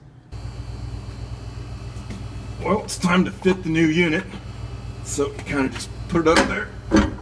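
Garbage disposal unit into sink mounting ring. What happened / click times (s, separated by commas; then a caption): The unit is being handled but has not yet locked into place / none. A new garbage disposal unit is being handled and fitted up toward the sink mounting ring while someone talks over a steady low hum. Only handling sounds are heard, and nothing has seated or locked into place yet.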